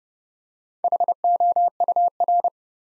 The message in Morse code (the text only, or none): HOUR